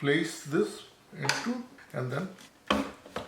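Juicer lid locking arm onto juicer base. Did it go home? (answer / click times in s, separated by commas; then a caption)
yes / 2.7 s. Someone talks while the plastic lid of a Homever juicer for vegetables and fruits is set onto the juicer body and turned so its locking arm engages the base. One sharp click at 2.7 s is followed by smaller rubbing sounds, and the lid is locked in place.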